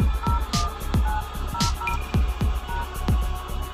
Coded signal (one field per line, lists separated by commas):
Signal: DTMF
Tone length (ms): 160 ms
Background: music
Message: 01900 #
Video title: phone numbers call setting in Bengali mobile number dial trick secret codes dial code learn to count